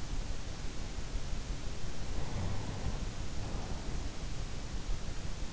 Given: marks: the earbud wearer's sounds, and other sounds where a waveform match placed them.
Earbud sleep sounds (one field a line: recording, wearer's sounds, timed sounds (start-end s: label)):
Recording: sounds in sleep by an in-ear microphone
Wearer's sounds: breath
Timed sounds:
2.03-4.39 s: breath